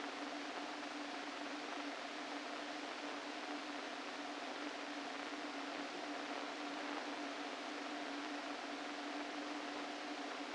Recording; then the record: brain microelectrode recording played as sound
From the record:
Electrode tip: inside the subthalamic nucleus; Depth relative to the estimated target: -1 mm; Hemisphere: left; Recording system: NeuroSet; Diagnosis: Parkinson's disease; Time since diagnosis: 13 years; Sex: male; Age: 49 years